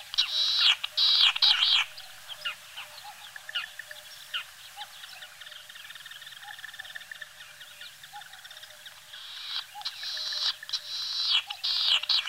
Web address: gallinago solitaria